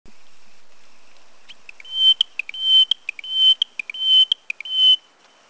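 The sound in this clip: Taiwan Bush Warbler song: long, steady, high whistled notes broken up by short sharp ticks, repeated in a regular rhythm.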